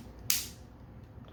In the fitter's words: Nice little click.